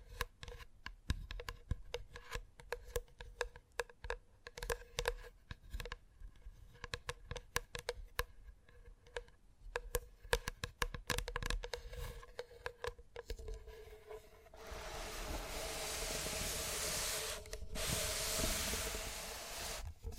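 Gentle tapping runs through most of the clip as quick, irregular clicks and taps, some in dense bursts, over a faint low tone. Around fifteen seconds the tapping gives way to a steady, bright hiss with a brief break near seventeen seconds.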